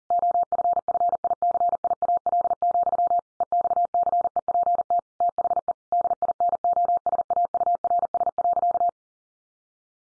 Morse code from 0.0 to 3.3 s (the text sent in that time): OFFICIAL,